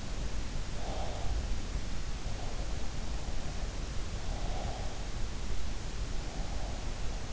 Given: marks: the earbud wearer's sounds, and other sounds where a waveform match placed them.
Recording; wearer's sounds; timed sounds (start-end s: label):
sounds in sleep by an in-ear microphone; breath
0.31-1.66 s: breath